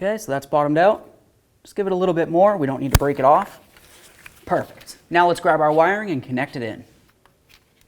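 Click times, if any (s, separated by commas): none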